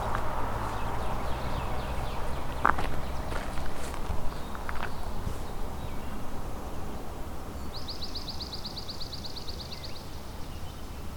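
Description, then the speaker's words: Swamp sparrow song: a ringing trill of rapid, evenly spaced high notes near the end, over loud low background noise. Ringing trill song, can sound similar to a chipping sparrow; lots of swamp sparrows heard; in an ecological preserve at Flamborough, Ontario. "There it is, that kind of ringing trill. So it's that kind of ringing trill that is the swamp sparrow."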